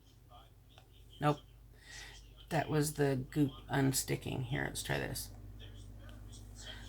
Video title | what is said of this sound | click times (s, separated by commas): Diamond Painting How To - Checkerboard and Tweeze Drills | they're not clicking today call me a fool probably | none